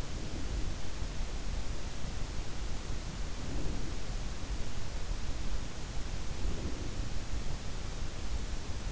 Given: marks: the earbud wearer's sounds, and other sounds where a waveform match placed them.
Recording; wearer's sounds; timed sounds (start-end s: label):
sounds in sleep by an in-ear microphone; breath
0.00-0.99 s: breath
3.10-4.29 s: breath
6.10-7.22 s: breath